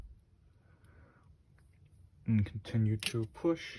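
A Radian Talon 45/90 safety selector is slid over its detent pin in a rifle lower receiver while a tool holds the pin down. Faint scraping and two soft ticks near 0.9 s and 1.6 s are heard, then someone talks from about 2.3 s. The selector is only being moved into position and has not seated or clicked yet.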